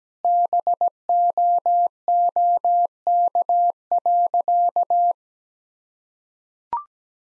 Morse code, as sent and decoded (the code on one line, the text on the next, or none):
-... --- --- -.- .-.-.-
BOOK.